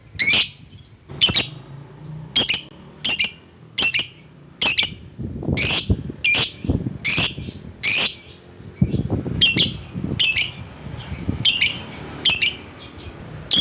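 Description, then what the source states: Lovebird calls: a long series of harsh, shrill shrieks, over a dozen at irregular intervals, with some low rustling noise beneath. Lovebird calling a rival.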